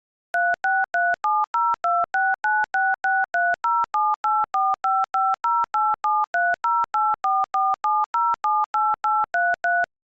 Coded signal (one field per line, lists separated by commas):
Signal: DTMF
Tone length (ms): 230 ms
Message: 36370269663078455087308447078833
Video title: Decoding a Nokia 3310 Text Message Using DTMF Tones | Google CTF (BEGINNER'S QUEST)